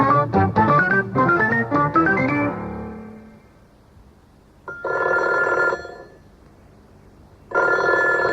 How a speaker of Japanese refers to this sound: どっかから電話が入っているようですんでね、聞いてみたいと思いますが